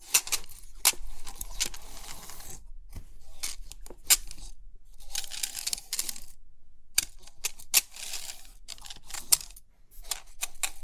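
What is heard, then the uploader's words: Metal pins on a pin art toy rattle and slide in bright, crisp bursts, full of tiny clicks and jingling ticks with sharper taps standing out. The bursts come in clusters, broken by short silences near three, six and ten seconds. Crisp 3D Pin Art Tingles(No Talking).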